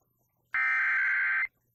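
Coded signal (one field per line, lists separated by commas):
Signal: Emergency Alert System (SAME) tones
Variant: header bursts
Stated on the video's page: Severe Thunderstorm Warning relayed on an AM station and an FM station.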